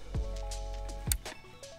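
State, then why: Seated. The aluminium leg of an ultralight foldable backpacking cot is pushed onto the side rail of the frame, with a steady tonal hum in the background. The leg's locking mechanism snaps shut with a sharp click at 1.1 s, and the leg is locked onto the frame.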